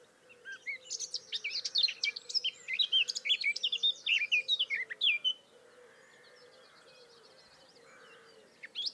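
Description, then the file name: Eurasian blackcap song: a hurried, chattering warble of mixed squeaky and fluty notes for about five seconds, then near silence before a new phrase starts. "Sylvia atricapilla"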